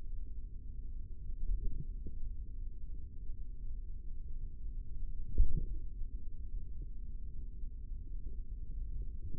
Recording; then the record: forearm muscle sounds (acoustic myography)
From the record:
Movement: tripod grip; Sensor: system 3, bracelet of six PUI Audio POM-2738L microphones around the upper forearm, with dedicated amplification and filtering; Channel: 5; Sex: male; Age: 43 years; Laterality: right